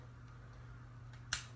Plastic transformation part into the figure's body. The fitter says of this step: that would just lock into place